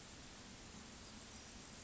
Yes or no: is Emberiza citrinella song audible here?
no